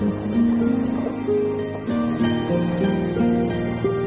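Whale moans: low tonal notes that slide, hold and overlap in varied pitches, set against a steady background hum.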